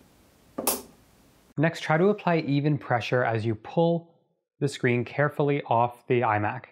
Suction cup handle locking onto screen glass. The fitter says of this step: and then pull the handles so they click into place